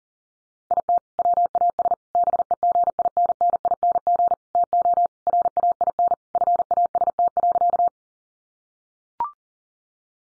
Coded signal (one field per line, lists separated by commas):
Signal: Morse code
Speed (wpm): 40 wpm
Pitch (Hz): 700 Hz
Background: none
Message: IT WAS BEGINNING TO RAIN FAST.